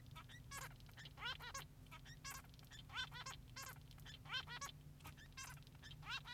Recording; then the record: song of a male Bengalese finch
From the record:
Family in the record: son of father 3